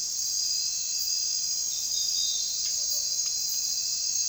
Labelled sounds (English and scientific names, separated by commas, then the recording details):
none
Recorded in secondary vegetation near Puerto Asís, Putumayo, Colombia, on 23 June 2025 at 00:30
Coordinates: 0.498, -76.327
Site GP09